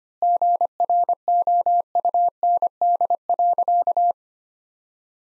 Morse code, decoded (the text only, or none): GROUND.